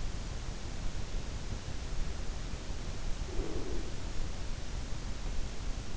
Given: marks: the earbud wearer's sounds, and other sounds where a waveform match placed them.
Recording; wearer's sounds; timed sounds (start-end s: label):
sounds in sleep by an in-ear microphone; breath
3.20-4.20 s: breath